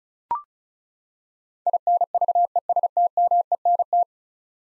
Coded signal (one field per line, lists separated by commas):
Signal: Morse code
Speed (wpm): 36 wpm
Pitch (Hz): 700 Hz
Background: none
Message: INVESTMENT